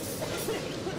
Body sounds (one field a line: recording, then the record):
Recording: coughing mixed with background sound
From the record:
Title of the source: 61 morning phlegmy cough...again